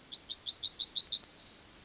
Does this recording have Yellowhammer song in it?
yes